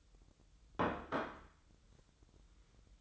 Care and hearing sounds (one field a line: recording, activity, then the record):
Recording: daily activity, microphone in the room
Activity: place plate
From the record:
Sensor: 3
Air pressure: 988.6 hPa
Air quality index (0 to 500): 198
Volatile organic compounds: 335 ppm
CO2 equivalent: 4554 ppm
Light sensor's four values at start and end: 23/71/30/25 and 23/71/30/25